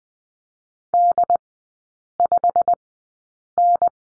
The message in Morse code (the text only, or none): D5N